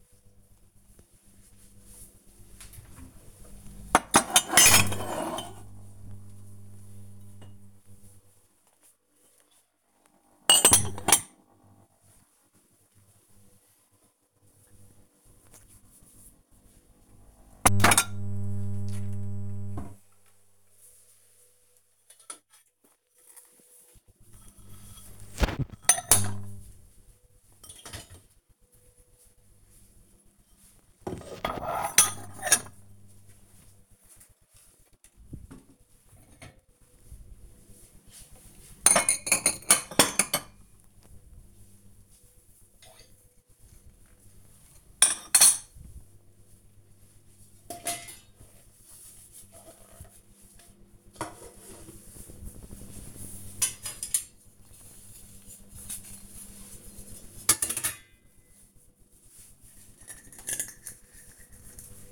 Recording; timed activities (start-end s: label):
household activities, microphone on the right wrist
0.00-62.12 s: cleaning out the dishwasher